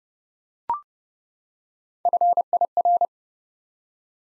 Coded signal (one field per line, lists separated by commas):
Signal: Morse code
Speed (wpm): 30 wpm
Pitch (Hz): 700 Hz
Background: none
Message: FIR